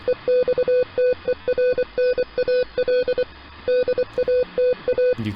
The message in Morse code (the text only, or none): EXTERNAL DATA